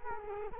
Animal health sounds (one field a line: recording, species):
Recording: mosquito wingbeat signal from an infrared sensor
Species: Culex quinquefasciatus